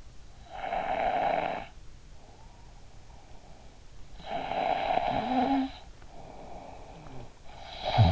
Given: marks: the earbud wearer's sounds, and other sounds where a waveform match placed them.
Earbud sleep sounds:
sounds in sleep by an in-ear microphone; snoring breath
0.47-8.12 s: snoring breath

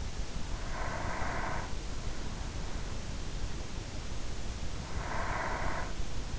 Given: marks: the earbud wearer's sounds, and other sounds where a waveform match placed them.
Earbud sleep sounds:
sounds in sleep by an in-ear microphone; breath
0.25-2.03 s: breath
4.63-6.39 s: breath

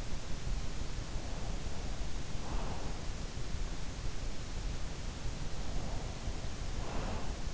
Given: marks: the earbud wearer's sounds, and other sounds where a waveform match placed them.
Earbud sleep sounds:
sounds in sleep by an in-ear microphone; breath
1.00-3.41 s: breath
5.54-7.54 s: breath

